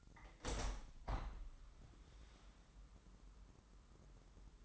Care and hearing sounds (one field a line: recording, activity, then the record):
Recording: daily activity, microphone in the room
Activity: open window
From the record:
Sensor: 3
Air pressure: 998.7 hPa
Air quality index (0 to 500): 134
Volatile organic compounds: 4 ppm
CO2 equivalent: 1609 ppm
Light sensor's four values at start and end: 8/20/8/9 and 8/20/8/9